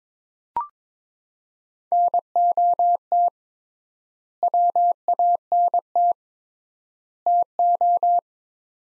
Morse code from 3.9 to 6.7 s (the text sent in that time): WANT